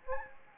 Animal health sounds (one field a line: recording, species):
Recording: mosquito wingbeat signal from an infrared sensor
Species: Anopheles gambiae